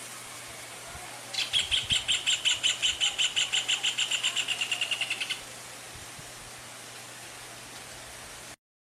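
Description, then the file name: Rufous hornero giving a loud trilling series of sharp repeated notes for about four seconds, dropping slightly in pitch, then quiet background hiss and silence. "canto do joao de barro"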